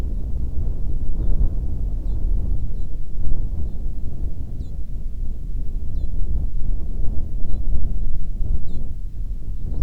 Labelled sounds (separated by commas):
bird, wind